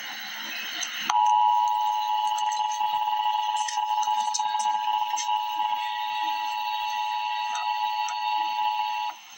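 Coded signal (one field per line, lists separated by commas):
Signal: Emergency Alert System (SAME) tones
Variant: 853 and 960 Hz attention tone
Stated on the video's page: EAS wind advisory.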